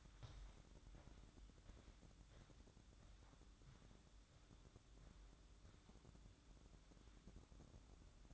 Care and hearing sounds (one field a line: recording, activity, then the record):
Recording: daily activity, microphone in the room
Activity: walk to room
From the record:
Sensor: 3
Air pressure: 1008.2 hPa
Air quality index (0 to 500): 133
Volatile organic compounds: 2 ppm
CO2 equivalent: 1099 ppm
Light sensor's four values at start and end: 10/23/9/9 and 10/23/9/9